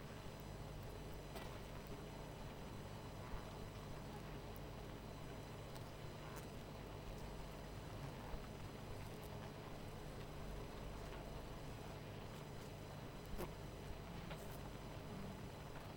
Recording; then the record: honeybee colony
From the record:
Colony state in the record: missing queen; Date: 14 July 2017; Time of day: 18:51